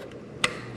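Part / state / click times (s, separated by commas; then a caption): spring side clip into LED ceiling light housing / seated / 0.4 s. The spring side clip of an LED disk downlight is slid through its hole in the ceiling light fixture housing and snaps into its locked position. A faint tick comes at 0.1 s, then a sharp, bright click at 0.4 s as the clip locks in place, with the clip seated.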